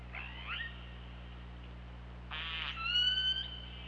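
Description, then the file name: Killer whale calls, a soft call, a pause, then a buzzy pulsed burst flowing into a high harmonic whistled tone, with low hum throughout. OrcaLab hydrophone, 24 August 2017 at 23:34. "Orca Lab UTLN JASON 20170824 233450"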